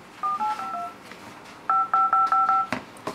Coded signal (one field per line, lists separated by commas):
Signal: DTMF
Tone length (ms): 160 ms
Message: 4852 55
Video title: ZTE Geek V975 Android 4.2 Intel Atom Phone AnTuTu Test And All-in-one Review